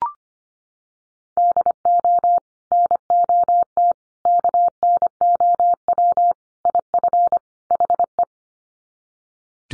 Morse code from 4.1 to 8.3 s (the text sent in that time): KNOW IF HE